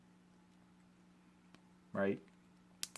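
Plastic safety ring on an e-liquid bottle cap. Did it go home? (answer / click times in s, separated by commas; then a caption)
released / 2.8 s. Someone twists the plastic cap of an e-liquid bottle to break its tamper-evident plastic safety ring, over a faint steady hum. Someone talks briefly around 2.0 s, then a sharp snap at 2.8 s marks the safety ring popping open.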